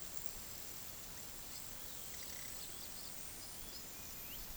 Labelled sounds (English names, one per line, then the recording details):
none
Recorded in pastures near Puerto Asís, Putumayo, Colombia, on 20 February 2024 at 11:30
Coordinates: 0.466, -76.323
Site G6384